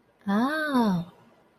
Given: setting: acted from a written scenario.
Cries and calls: vocal sound without words; realization

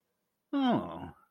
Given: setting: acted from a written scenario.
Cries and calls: vocal sound without words; interest

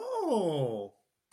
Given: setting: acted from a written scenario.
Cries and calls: vocal sound without words; positive surprise

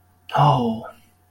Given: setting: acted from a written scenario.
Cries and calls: vocal sound without words; relief

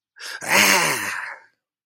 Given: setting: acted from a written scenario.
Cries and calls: vocal sound without words; negative surprise

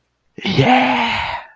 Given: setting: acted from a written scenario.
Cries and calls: vocal sound without words; triumph

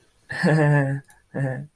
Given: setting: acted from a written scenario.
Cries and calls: vocal sound without words; embarrassment

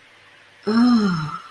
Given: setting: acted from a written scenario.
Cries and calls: vocal sound without words; awe

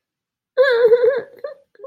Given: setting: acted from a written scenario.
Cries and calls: vocal sound without words; guilt

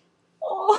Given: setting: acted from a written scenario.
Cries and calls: vocal sound without words; sadness

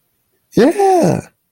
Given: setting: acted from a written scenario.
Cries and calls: vocal sound without words; ecstasy

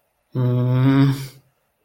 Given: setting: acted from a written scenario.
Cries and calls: vocal sound without words; embarrassment

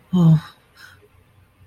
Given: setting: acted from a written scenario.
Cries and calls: vocal sound without words; fear

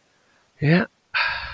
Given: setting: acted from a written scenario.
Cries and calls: vocal sound without words; pride

